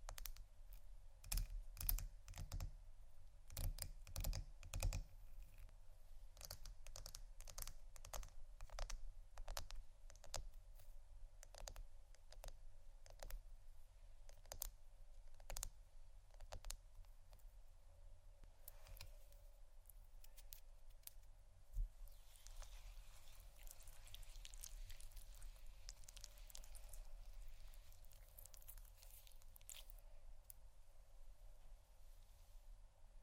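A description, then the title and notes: Ice is tapped in quick, irregular clicks, thick through the first fifteen seconds and then thinning to scattered knocks. Around the twenty-second mark a rougher scraping takes over for several seconds, over a steady low rumble underneath. Ice Scratch & Tap. No Talking.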